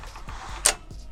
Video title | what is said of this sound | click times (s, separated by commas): Overland Engineer's Review of the Kammok Crosswing Awning | and you can hear a click so if you're just pulling very gently it'll just pull to that click | 0.7 s